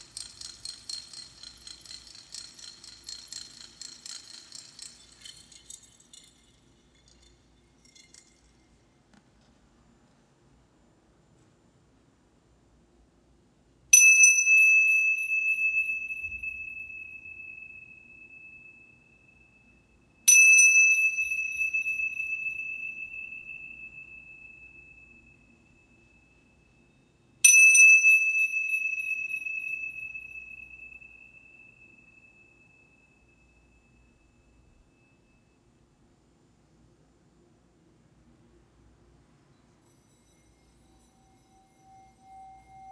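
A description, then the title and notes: Healing bowls are struck three times, near 14, 20 and 27 seconds, each bright ringing tone fading slowly after a soft hissy opening. HEALING BOWLS FOR LAKE COUNTY.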